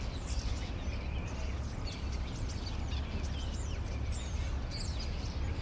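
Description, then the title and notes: Common starlings in a dense, scratchy chorus of whistles, rattles and squeals, with a continuous deep hum of urban traffic underneath. Several starlings perched on a crane in an inner courtyard at Rue Tasson-Snel 9, Saint-Gilles, Belgium; recorded with a Sony PCM-M10. "Rue Tasson-Snel 9, 1060 Saint-Gilles, Belgique - Étourneaux - Starlings. Étourneaux sur une grue, intérieur dîlot. Starlings on a crane, Inner courtyard"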